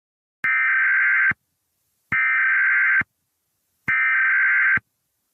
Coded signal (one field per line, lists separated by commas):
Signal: Emergency Alert System (SAME) tones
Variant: header bursts